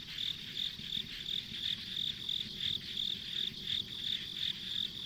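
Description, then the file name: Insect chirping in rhythmic high pulses, roughly three per second, over steady background buzzing and faint low rumble. Ambient insect sounds on a rural country road. "田舎道の虫の環境音"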